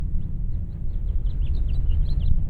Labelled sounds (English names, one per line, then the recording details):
House Finch song
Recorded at North Valley Stream on Long Island, New York, on 11 June 1975
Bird A